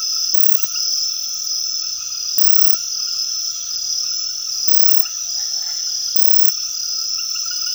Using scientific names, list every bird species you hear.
none